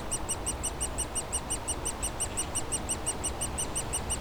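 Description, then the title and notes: Woodpecker chicks give a continuous stream of evenly spaced, high squeaky chirps over a softer low droning background. Nestlings in a cavity at the foot of a dead tree trunk, squawking continuously as planes fly overhead; Bois Saint-Martin near Lognes aerodrome, Noisy-le-Grand, France; recorded with a DR-40X. "Bois Saint-Martin RH9V+J6 Noisy-le-Grand, France - Oisillons et gros "volatiles" bruyants. Au pied d'un tronc d'arbre mort, les oisillons d'un pic dans leur cavité piaillent continuellement alors que des avions survolent la zone"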